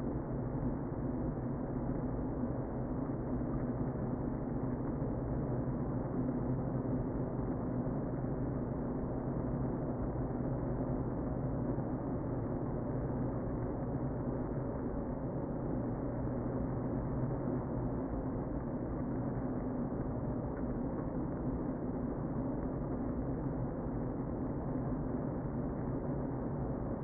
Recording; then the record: honeybee colony, microphone inside the hive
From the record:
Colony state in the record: queen present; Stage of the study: before two queens were removed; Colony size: about 60,000 bees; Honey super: yes